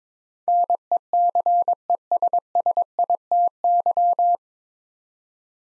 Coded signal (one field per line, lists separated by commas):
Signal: Morse code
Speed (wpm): 22 wpm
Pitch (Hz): 700 Hz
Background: none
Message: NECESSITY